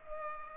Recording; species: mosquito wingbeat signal from an infrared sensor; Culex pipiens